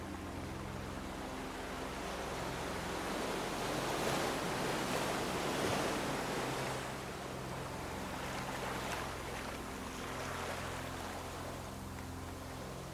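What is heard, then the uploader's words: Sea waves wash in a steady hiss that swells around four to six seconds and again near nine seconds, then eases. Beneath the surf, low sustained musical tones hold steady throughout, forming a soft, even drone. The rhythm of soothing waves that gently caress the shores, while enchanting music envelops you. The sounds of the sea and enchanting melodies.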